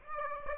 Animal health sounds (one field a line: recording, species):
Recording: mosquito wingbeat signal from an infrared sensor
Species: Aedes aegypti